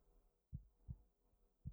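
Soft, deep thumps come in a slow lub-dub pattern over a faint low hum. It is a heartbeat heard as if through the chest, a sound effect.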